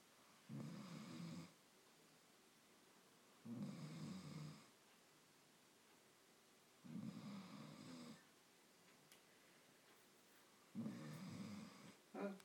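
An adult snoring: four loud, low-pitched snores, each about a second long, come roughly every three and a half seconds, with quiet pauses between them.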